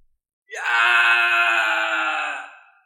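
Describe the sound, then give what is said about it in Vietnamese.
A single long, anguished roar like a monstrous beast wailing, coming through the gate of a spirit realm, loud and harmonically rich, starting abruptly, holding steady for about two seconds, then slowly fading out. “Bởi vì ngay thời khắc này thì thông qua cánh cửa linh giới kia đã truyền tới tiếng gào thét tựa như giả thú hùng hồn đang kêu rên, quá thê thảm.”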